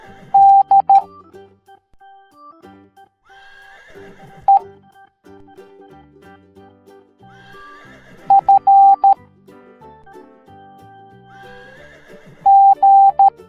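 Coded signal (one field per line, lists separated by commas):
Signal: Morse code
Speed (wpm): 13 wpm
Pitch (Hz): 790 Hz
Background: music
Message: D E F G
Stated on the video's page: Morse code alphabet lesson in a children's cartoon.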